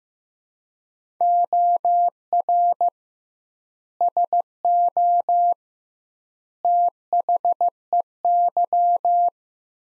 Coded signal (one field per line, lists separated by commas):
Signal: Morse code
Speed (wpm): 15 wpm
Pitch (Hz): 700 Hz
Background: none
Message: OR SO THEY